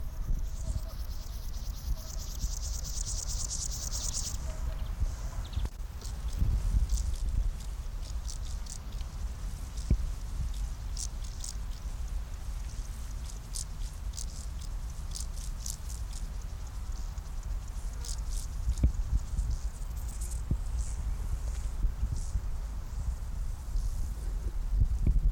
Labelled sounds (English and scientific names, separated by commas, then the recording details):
Upland Field Grasshopper (Chorthippus apricarius) stridulation
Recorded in the wild
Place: Mühlenbeck, am Tegeler Fließ, Brandenburg, DE
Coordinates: 52.667, 13.37
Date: 1992-06-21 12:45
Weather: sonnig, 20-26°C
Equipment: Marantz CP 430, Sennheiser ME 80, Kopie Tesla B 116
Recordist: Tembrock, Günter